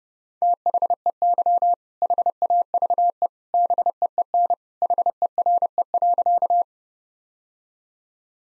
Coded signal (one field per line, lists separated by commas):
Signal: Morse code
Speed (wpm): 28 wpm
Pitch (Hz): 700 Hz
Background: none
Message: THEY HAVE BEEN HERE.